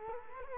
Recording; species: mosquito wingbeat signal from an infrared sensor; Culex quinquefasciatus